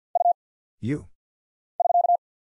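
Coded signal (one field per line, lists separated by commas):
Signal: Morse code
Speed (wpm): 48 wpm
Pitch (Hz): 700 Hz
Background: none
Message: U <SK>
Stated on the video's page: Single-character Morse drill at 50 wpm of letters, numbers, punctuation and prosigns, each sent twice with very short gap before spoken answer.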